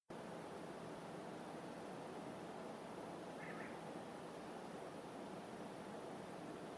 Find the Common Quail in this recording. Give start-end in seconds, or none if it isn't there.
3.32-3.75